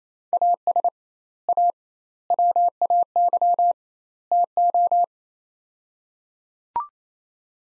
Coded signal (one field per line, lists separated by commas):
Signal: Morse code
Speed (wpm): 28 wpm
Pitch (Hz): 700 Hz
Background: none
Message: AS A WAY TO